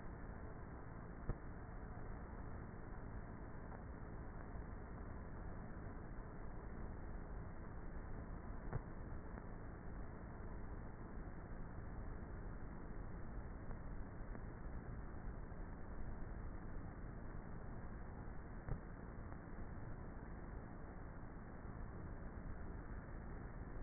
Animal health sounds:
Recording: honeybee colony, microphone inside the hive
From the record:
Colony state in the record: queenless with a low population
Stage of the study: before two queens were removed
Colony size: about 30,000 bees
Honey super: no

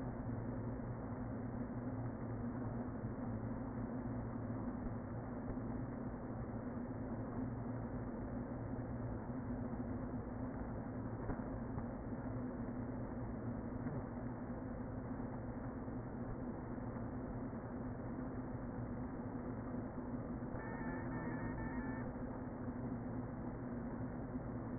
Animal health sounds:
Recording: honeybee colony, microphone inside the hive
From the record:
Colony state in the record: queen present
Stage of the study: before two queens were removed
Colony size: about 60,000 bees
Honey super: yes

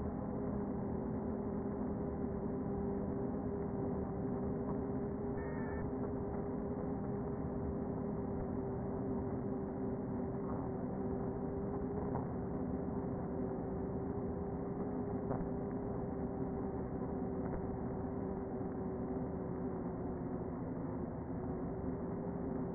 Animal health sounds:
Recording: honeybee colony, microphone inside the hive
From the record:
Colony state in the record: queen present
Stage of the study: before two queens were removed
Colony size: about 60,000 bees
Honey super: yes

